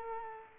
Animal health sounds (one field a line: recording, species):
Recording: mosquito wingbeat signal from an infrared sensor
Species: Culex quinquefasciatus